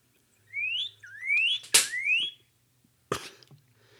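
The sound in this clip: Pyrrhuloxia giving three clear, slurred whistles, each rising in pitch, in quick succession, with two sharp clicks.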